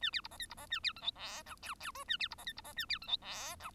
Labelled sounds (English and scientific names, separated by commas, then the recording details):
Bengalese Finch (Lonchura striata domestica) song
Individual Bird1